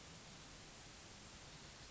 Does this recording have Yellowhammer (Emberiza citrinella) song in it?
no